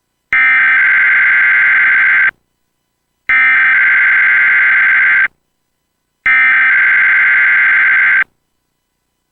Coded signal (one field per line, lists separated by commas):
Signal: Emergency Alert System (SAME) tones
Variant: header bursts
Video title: Xfinity Weekly EAS Test - March 28, 2022 | MN (VHS)